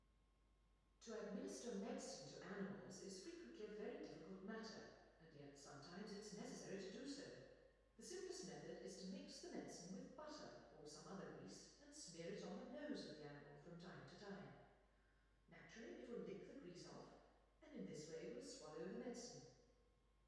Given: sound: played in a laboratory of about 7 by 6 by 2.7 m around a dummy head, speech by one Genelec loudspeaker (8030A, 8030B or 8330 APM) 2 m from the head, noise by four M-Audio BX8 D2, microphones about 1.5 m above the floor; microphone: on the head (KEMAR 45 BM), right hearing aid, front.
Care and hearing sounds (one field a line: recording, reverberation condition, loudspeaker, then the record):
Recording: female speech in English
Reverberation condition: high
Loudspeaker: 120 degrees to the left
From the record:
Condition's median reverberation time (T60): about 1300 ms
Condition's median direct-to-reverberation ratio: about -4.0 dB